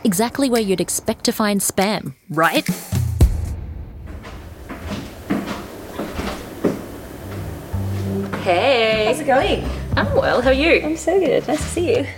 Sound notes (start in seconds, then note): 2.7 funk bassline fills the space; 3.8 sounds of entering into a building, footsteps on a concrete floor